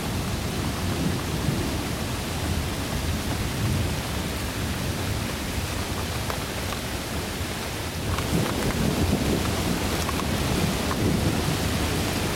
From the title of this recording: Thunder and Rain with Birdsong